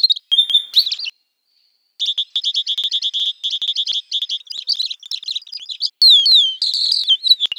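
Bird song opening with a flat whistle and a pause, then rapid chattering trills, sharp descending whistled notes and varied chirps.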